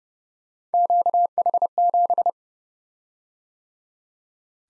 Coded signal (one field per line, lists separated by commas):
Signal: Morse code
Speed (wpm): 30 wpm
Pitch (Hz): 700 Hz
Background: none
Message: QH7